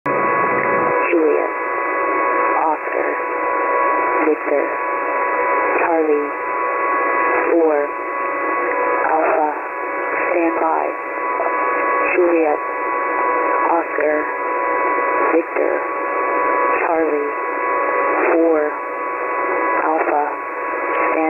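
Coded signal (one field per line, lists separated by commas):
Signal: coded military voice message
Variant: HFGCS Emergency Action Message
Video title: HFGCS EAM 231223 16:16 UTC [92 CHARACTER MESSAGE]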